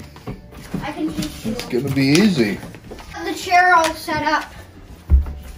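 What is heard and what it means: Someone talks while setting up a keyboard stand or chair, handling its folding joint, which is meant to lock into its open position. A few light knocks and a short thud near the end come through under the talk. Nothing has snapped or locked into place yet.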